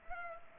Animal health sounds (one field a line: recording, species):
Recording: mosquito wingbeat signal from an infrared sensor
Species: Culex pipiens